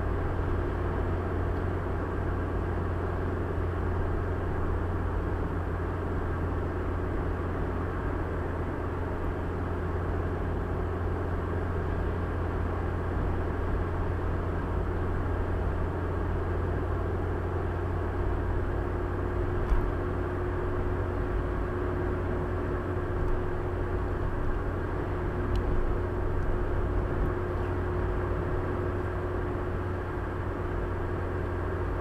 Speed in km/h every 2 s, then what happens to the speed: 83, 83, 82, 82, 82, 82, 82, 82, 83, 84, 84, 85, 85, 85, 86, 85.
0-32 steady at about 83.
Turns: none.